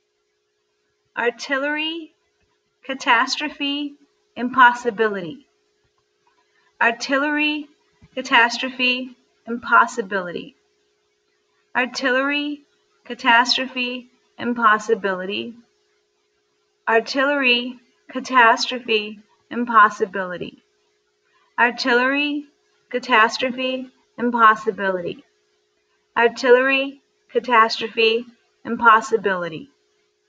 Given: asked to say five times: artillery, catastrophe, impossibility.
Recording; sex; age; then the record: three words, each repeated; female; 40 to 49 years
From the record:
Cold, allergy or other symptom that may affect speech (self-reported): no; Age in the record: 42 years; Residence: Pennsylvania, United States